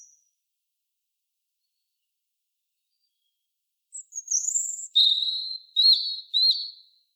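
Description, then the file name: European robin: after a long quiet, a thin high note leads into a short phrase of clear, wavering whistles. "Erithacus rubecula"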